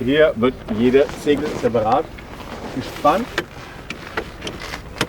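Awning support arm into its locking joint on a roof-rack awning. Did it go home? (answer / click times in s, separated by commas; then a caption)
yes / 5.0 s. An awning support arm snaps into its locking joint on a roof-rack bag awning of a 2023 Hilux 4x4 bush camper as each fabric section is tensioned separately and locked into place. Someone talks over a faint background, then a series of sharp clicks follows. The loudest click comes at 5.0 s as the arm seats.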